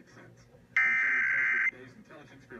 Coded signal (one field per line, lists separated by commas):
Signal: Emergency Alert System (SAME) tones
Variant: header bursts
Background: speech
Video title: PA Required Monthly Test (11/15/18)